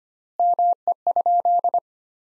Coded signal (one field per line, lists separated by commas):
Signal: Morse code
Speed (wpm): 25 wpm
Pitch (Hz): 700 Hz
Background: none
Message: ME?